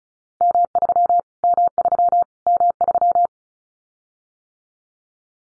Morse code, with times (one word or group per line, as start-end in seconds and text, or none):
0.4-1.2 M3
1.4-2.2 M3
2.5-3.3 M3